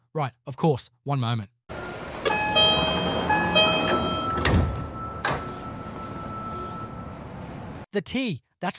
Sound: mbta chime